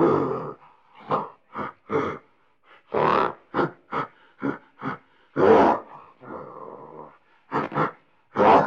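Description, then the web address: Gorilla screaming and roaring, a string of harsh, loud bursts, some short and clipped, others long and rasping, separated by brief silences. "gritos de gorila"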